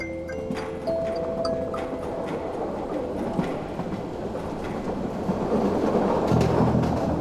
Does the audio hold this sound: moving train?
yes